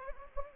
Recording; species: mosquito wingbeat signal from an infrared sensor; Anopheles gambiae